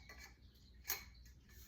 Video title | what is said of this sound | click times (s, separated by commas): Unboxing My New Wig Rack | So the first thing that it says to do is to snap these two into place. | 0.9 s